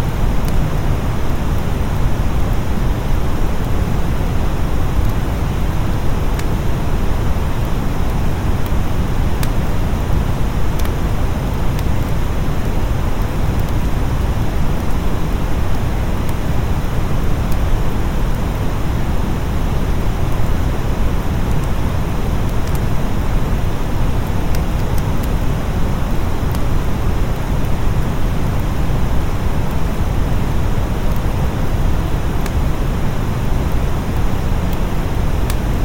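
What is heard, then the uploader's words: Steady, deep brown noise rumbles without change, with faint, sparse fireplace crackles ticking through now and then, high and quiet above it. Gentle brown noise and soothing fireplace crackling sounds.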